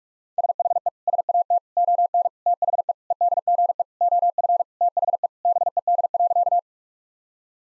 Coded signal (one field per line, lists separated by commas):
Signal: Morse code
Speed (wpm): 41 wpm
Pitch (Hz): 700 Hz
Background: none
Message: SHE SAT ON THE EDGE OF THE BED.